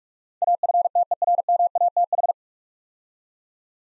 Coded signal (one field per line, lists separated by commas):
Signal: Morse code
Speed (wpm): 44 wpm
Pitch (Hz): 700 Hz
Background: none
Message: AFTERMATH